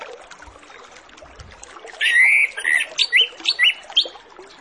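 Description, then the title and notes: Orange-headed Thrush song: a strong buzzy whistle opens a phrase of several short rising and falling whistles, over a rustling, chattering background. Lure recording of full song with fill-in phrases (isian), used to prompt Orange-headed Thrushes to start singing quickly (ngeplong). "Masteran Anis Kembang Full Isian Untuk Suara Pancingan Anis Kembang Agar Cepat Ngeplong. Suara Burung Anis Kembang"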